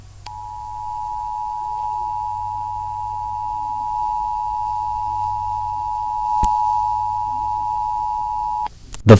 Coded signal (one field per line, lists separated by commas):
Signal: Emergency Alert System (SAME) tones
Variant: 853 and 960 Hz attention tone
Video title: EAS Scenario: Mickey Mouse.EXE